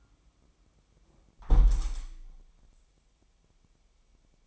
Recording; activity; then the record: daily activity, microphone in the room; close window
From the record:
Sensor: 1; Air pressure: 1000.4 hPa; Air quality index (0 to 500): 164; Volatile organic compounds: 3 ppm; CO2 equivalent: 1514 ppm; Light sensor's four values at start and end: 11/28/11/13 and 11/27/11/13